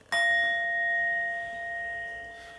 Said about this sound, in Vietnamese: Trong tâm mình đừng có nói cái nghe, mà đừng có phân biệt giữa tiếng chuông và cái không.